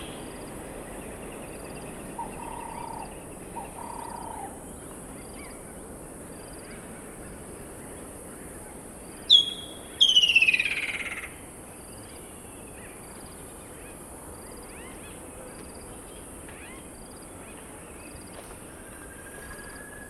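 Outdoor ambience beside a dry stretch of the Limpopo River, with a steady high insect hiss and faint regular chirps throughout. Two soft low hoots come around two and four seconds, and a loud bird call bursts out near nine to eleven seconds.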